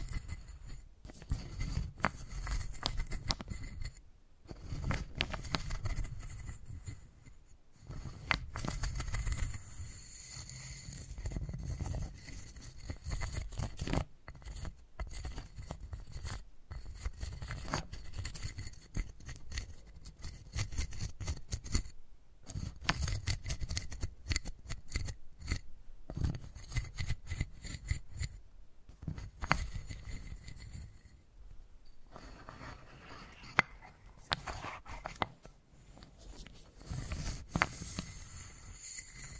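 Wooden balls are rolled and rubbed together in a dense, continuous stream of scraping, clicking and crisp rasping sounds. The texture stays busy throughout, broken by brief near-silent gaps every few seconds, with a low rumble underneath and bright, snipping edges on top.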